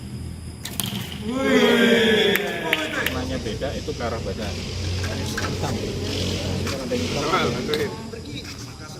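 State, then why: Not seated. During a first archery lesson, an instructor fits the plastic nock of an arrow onto the bowstring, turning the coloured vane toward the body, while someone talks and a few brief handling taps are heard. The nock has not clicked or seated onto the string yet when the clip ends.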